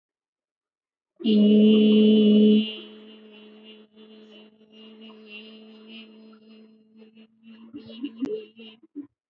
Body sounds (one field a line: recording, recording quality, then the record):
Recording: sustained vowel as in beet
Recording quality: moderate, slight background noise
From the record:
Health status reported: healthy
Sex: female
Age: 56 years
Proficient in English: yes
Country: India